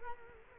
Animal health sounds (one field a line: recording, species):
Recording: mosquito wingbeat signal from an infrared sensor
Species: Culex quinquefasciatus